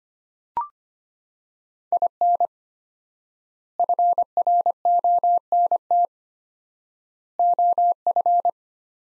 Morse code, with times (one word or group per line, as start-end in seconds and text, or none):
1.9-2.5 IN
3.8-6.1 FRONT
7.4-8.5 OF